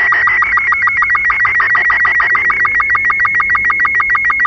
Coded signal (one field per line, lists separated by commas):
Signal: SSTV (slow-scan television)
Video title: Portal 2: Developer Commentary SSTV decoded (turn down your volume)